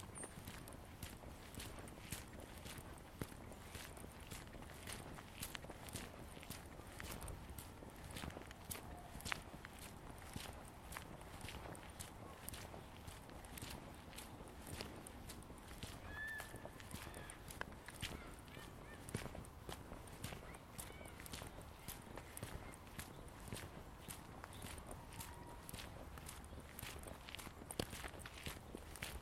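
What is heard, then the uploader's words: A walk in Ravenna Park, Seattle, with steady crunching footsteps on a trail throughout, several per second at an even pace. A low rumble runs underneath, with faint voices at times and a brief bird chirp around sixteen seconds. I took a walk in Ravenna Park, Seattle.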